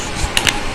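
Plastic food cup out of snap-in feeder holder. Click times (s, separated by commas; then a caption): 0.4 s, 0.5 s. A 2 oz plastic food cup is popped out of a snap-in anti-tip feeder holder. Two sharp clicks ring out at 0.37 s and 0.49 s over a steady low background. The cup releases cleanly from the holder.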